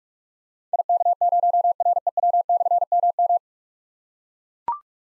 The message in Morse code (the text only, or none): IK0REW/MM